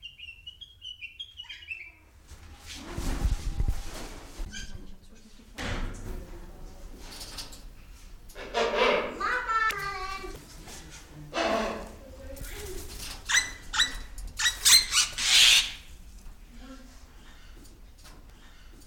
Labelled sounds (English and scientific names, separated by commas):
Black-winged Starling (Acridotheres melanopterus)